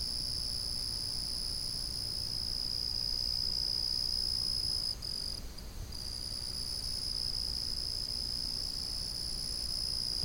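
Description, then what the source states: Cricket trill runs steadily, briefly faltering and dropping in level midway before resuming its constant high tone over low background noise. A single cricket calling steadily at night.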